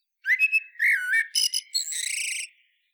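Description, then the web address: Common blackbird warbling one phrase, fluty rolling notes that turn into a buzzy, high twitter lasting nearly a second before stopping. "SETE data Turdus merula"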